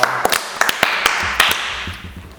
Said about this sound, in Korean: 자, 박수! 와!